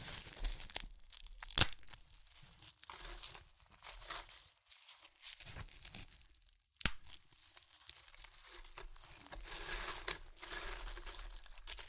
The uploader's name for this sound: Satisfying Chips Crunchy Crushing & Eating Sounds